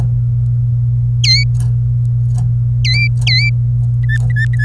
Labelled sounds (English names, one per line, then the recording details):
Domestic Canary song
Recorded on 27 April 2018 at 08:38
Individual llb3